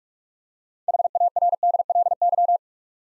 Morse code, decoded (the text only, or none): HARDLY